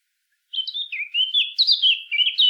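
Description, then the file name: Eurasian blackcap song: a continuous rich warble of quick fluty notes that rise and fall, growing louder toward the end, over a silent background. "Sylvia atricapilla"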